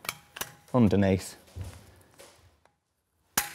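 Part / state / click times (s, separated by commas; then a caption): plastic cover onto pins of larder runner mechanism / seated / 3.4 s. A plastic cover is fitted over the white spring at the back of an individual pull-out larder runner mechanism with a solid base, and clipped around underneath so its holes engage the pins. Two sharp taps at 0.1 s and 0.4 s are followed by someone talking, then quiet handling sounds. A loud, crisp click at 3.4 s marks the pins engaging and the cover seating in place.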